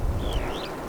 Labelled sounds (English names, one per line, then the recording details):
Superb Starling flight call
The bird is a male
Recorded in Kenya on 22 April 2009 at 14:58
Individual 38, of group DRT2